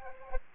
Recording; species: mosquito wingbeat signal from an infrared sensor; Aedes aegypti